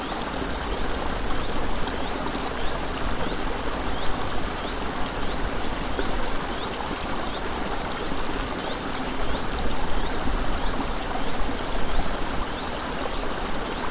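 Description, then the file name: Cricket trilling continues as a thin, high, evenly pulsed tone throughout, partly masked by the louder low rushing of a stream. Crickets beside a stream, 7 May 2014; recorded on an MZ-N710. "Ruisseau et grillons 7 05 14"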